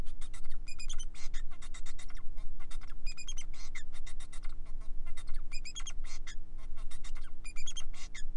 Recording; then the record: song of a male Bengalese finch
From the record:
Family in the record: son of father 4